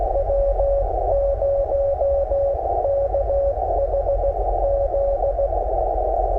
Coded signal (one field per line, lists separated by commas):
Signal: Morse code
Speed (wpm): 17 wpm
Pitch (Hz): 560 Hz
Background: none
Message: W0KHZ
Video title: CW POTA with my new N0SA M7! | #cw #morsecode #parksontheair